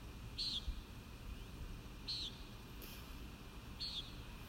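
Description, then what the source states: Common nighthawk peent calls, three brief nasal buzzes with gaps of about one and a half seconds, set against a continuous low rumble. Recorded at Kissimmee on 1 May 2019.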